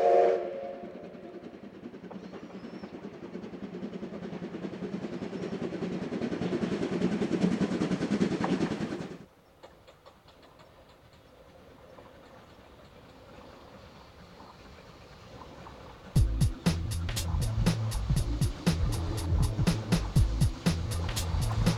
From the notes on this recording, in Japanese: 大井川鐵道・本線を走る「かわね路号」や臨時SL急行